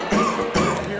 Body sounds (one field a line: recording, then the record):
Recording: coughing mixed with background sound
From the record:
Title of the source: Wet Throat Infection Cough